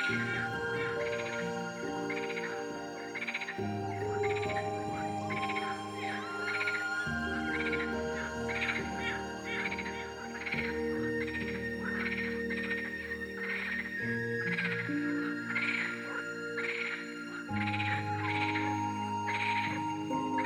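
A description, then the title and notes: Frogs croak steadily in a night swamp, their calls pulsing in a quick, regular rhythm, about twice a second, and filling the middle and upper range. Beneath them, soft sustained music holds low chords that shift every few seconds, with a faint high tone above. Nature Swamp at Night (with Music).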